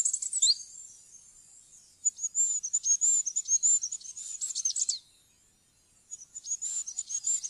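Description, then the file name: Goldcrest song of thin, high-pitched rhythmic notes, rising and falling quickly, sung in phrases broken by pauses, ending with a fresh burst. "fuglekonge"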